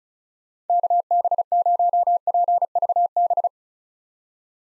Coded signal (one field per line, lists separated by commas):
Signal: Morse code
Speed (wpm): 36 wpm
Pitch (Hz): 700 Hz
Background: none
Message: KB0PVB